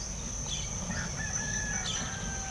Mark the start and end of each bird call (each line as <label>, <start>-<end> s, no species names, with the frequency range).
bird call (0.2-5.5 kHz), 0.73-2.50 s